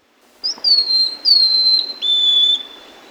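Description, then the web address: Buff-breasted mountain tanager song: a few clear, high whistled notes, most slightly falling, with faint higher overtones. Recorded in Ecuador. "Birds of Ecuador. Buff-Breasted Mountain-Tanager"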